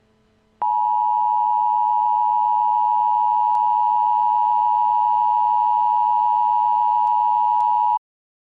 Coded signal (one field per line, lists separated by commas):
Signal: Emergency Alert System (SAME) tones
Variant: 853 and 960 Hz attention tone